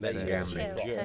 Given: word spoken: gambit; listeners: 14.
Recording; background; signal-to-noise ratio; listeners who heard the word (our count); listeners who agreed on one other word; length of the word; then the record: one English word in noise, from a listening test; four-talker babble; -1.0 dB; 0 of 14; 7 of 14; 0.65 s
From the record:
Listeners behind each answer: 7, 2, 1, 1, 1, 1, 1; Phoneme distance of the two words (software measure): 17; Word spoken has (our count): 2 syllables, 6 phonemes, stress on syllable 1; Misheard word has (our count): 3 syllables, 7 phonemes, stress on syllable 1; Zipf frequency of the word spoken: 2.73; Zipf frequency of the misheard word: 3.84